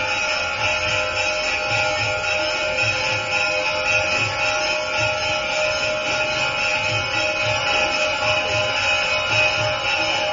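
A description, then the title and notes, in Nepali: Bells ring without pause during an evening aarti, a dense, steady wash of sustained metallic tones that fills the middle and upper range. Beneath it, soft low thumps pulse at a fairly regular pace, about twice a second, and the loudness stays even throughout. घंट आवाज. बुढानीलकंठमा संध्याकालीन आरती.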